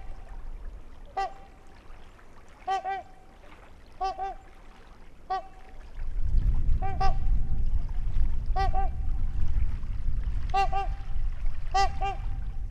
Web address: Wisconsin 2019 Trumpeter Swan Trumpets near Lake II